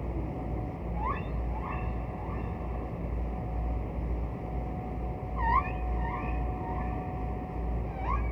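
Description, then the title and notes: Humpback whale song: bursts of rising, whooping upsweeps with overtones, separated by pauses, above constant low rumbling noise and a faint steady tone. "Listen to the magical music of the humpback whales"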